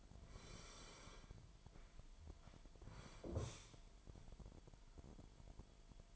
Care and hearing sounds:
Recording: daily activity, microphone in the room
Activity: sit down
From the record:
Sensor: 5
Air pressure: 998.7 hPa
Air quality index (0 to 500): 94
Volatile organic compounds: 2 ppm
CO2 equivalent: 1080 ppm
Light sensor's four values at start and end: 32/76/32/36 and 32/77/32/36

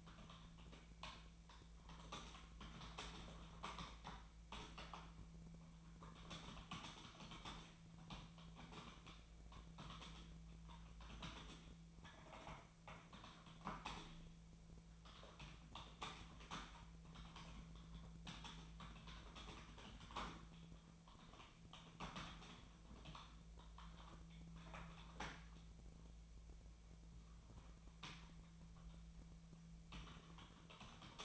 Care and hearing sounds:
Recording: daily activity, microphone in the room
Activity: typing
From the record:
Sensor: 1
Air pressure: 1000.2 hPa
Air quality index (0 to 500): 141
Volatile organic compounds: 3 ppm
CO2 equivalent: 1329 ppm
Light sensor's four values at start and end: 30/74/31/38 and 29/73/31/37

